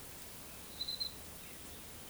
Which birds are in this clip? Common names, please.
none